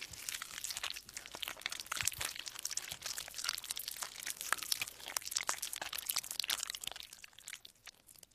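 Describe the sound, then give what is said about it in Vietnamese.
Steady, irregular crunching and rustling of someone eating something in a house, with dense crackly bursts running the whole time and no voices. “Lúc này trên nhà lại có tiếng động cứ sột soạt, nghe cảm giác như là có ai đó đang ăn uống cái gì.”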